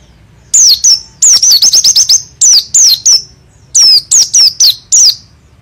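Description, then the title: White-eye song: high, sharp whistles, a rapid rolling series of short notes, then several spaced downslurred phrases. Dakun variety from East Java, a promising contest bird; singing prolifically in wild, rolling style (ngalas, ngerol, gacor). "burung pleci dakun jatim joss edan ngalas ngerol gacor calon juara(milik om doddy cikarang)"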